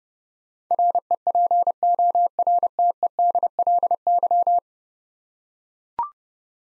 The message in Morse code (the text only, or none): REPORTEDLY